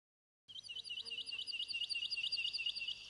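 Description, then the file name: Woodlark song: a rapid run of clear, high notes, continuing for over two seconds. "the woodlark"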